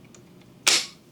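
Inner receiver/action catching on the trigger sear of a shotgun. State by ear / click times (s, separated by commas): seated / 0.7 s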